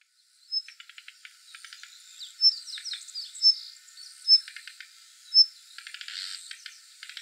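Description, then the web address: Daurian redstart calling: short, thin high whistles about once a second, mixed with bursts of dry rapid ticking clicks, over a steady high insect hiss. Recorded in Hyogo on 8 August 2016. "koe jobitakic 160808 hyogo kuroda"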